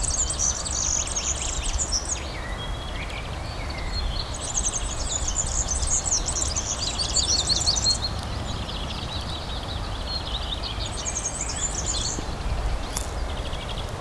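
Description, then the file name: European serin delivering sizzling, fast jangling song phrases of one to four seconds, separated by pauses, against a continuous low rumble. Recorded at Ystad, Sweden, in 2012. "Gulhämpling - Serinus serinus Ystad-Sweden-2012"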